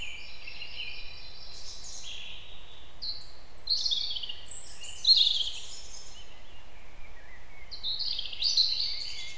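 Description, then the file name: European robin song: a stream of high whistles and trills, a brief pause, then a final phrase, with steady low noise behind. "Erithacus rubecula"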